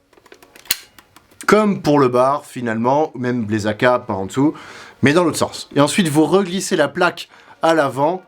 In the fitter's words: et vous appuyez derrière jusqu'à entendre un clic